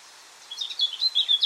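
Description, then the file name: Eurasian blackcap song: a short burst of quick, scratchy warbled notes that start about a third of the way through and grow louder toward the end. "Sylvia atricapilla"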